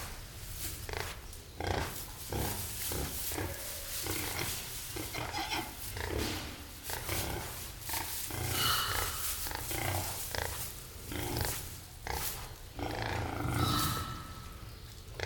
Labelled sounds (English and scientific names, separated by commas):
Red River Hog (Potamochoerus porcus)